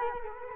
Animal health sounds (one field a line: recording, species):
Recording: mosquito wingbeat signal from an infrared sensor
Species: Culex quinquefasciatus